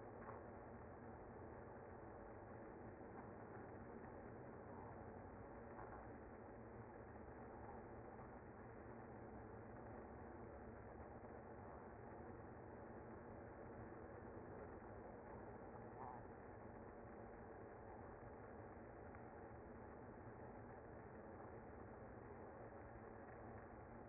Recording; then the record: honeybee colony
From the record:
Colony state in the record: active